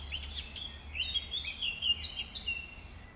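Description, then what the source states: Nightingale giving a fast run of bright chirps and clipped whistles, a short lively phrase over a low background hum. Recorded at dawn, 05:33, on 5 May 2020.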